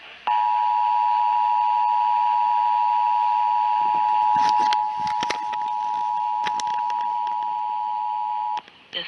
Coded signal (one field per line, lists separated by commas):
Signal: Emergency Alert System (SAME) tones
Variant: 853 and 960 Hz attention tone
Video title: MORE TESTS FROM DIFFERENT AREAS... EAS Tests from 4/5/2021-4/28/2021 (EAS #502-534)